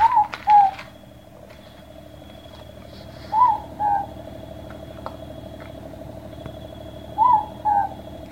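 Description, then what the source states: Morepork calling a two-note hoot, a higher note then a lower one, repeated three times about every three and a half seconds over a steady low hum. Wild bird calling at night from a tree beside a path up to a generator, near a remote lodge on Nydia Bay in the Marlborough Sounds, New Zealand.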